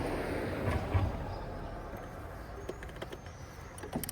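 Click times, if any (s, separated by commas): none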